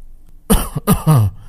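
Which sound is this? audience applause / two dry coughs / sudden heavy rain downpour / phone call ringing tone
two dry coughs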